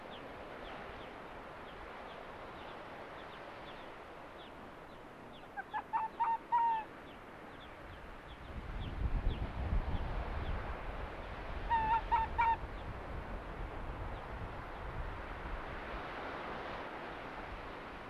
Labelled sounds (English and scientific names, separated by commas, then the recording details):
Arctic Fox (Vulpes lagopus)
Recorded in the wild
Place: Insel Mednyi, Kommandeur-Inseln, RU
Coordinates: 54.5167, 168.083
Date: 1999-07-16 18:35
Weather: bedeckt, 10°C, schwacher Südwestwind
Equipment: Sony WM-D6C, Sennheiser ME 80, K 30 AV, Windkorb, Kopie Tascam DA 30
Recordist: Jakupi, Antje
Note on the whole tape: Südosten der Insel, Gerölltal: Wechselbellen von drei Tieren. Eines davon der unmarkierte Rüde [rot/gelb 4]. Fortsetzung von Med17_08 (Kassettenwechsel). Zwei Bellstrophen des unmarkierten Rüden fehlen. Entfernung 100-200 m. Meist leise, aber einige gut